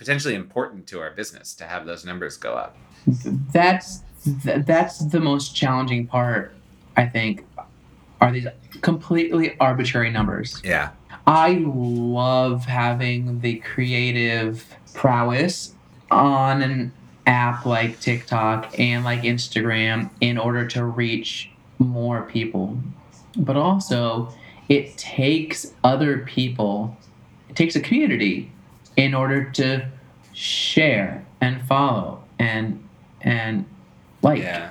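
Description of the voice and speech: An adult man, a New York City actor and singer who now stutters openly rather than hiding it, speaks conversationally with frequent pauses. He repeats a starting sound ('that's... th... that's') and stretches or holds sounds such as 'sh' and 't'. These repetitions and prolongations are typical stuttering moments within otherwise fluent speech.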